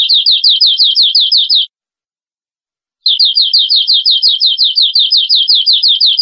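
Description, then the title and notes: Canary song: a fast, buzzy trill of sliding notes, broken by a short silent gap before the trill resumes. No other sounds. Canary masteran song, a training song played to cage birds to make them sing more intensely. "PANCINGAN SUARA MASTERAN KENARI BIKIN BURUNG MAKIN MENGGILA. masteran kicau kenari"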